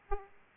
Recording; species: mosquito wingbeat signal from an infrared sensor; Aedes aegypti